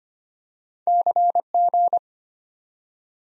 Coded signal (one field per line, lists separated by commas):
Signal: Morse code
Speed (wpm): 25 wpm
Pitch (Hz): 700 Hz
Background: none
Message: CG